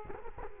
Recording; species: mosquito wingbeat signal from an infrared sensor; Culex quinquefasciatus